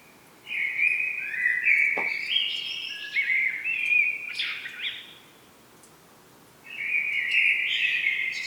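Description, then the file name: Common blackbird pouring out a run of mellow, fluted notes mixed with high chittering squeaks, a pause, then another warbled phrase begins. "Turdus merula"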